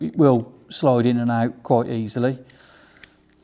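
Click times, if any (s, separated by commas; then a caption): 3.0 s. Someone talks as a screwdriver bit from a Workzone ratchet and screwdriver bit set is pushed into the end of the metal bit holder. A sharp click at 3.0 s marks the bit locking into the holder, and it is seated.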